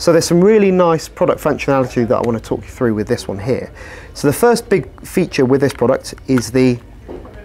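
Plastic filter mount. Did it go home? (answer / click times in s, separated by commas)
no / none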